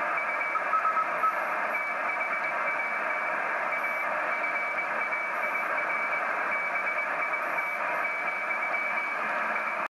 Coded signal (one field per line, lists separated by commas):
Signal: Morse code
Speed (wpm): 20 wpm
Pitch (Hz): 2300 Hz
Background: radio noise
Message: U THAT AFAIR BIT, I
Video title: SDR ICOM IC-PCR1000 Ham Radio shortwave Amateurfunk Kurzwelle